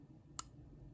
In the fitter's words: so that locks into place and that is not moving that's not going anywhere so it's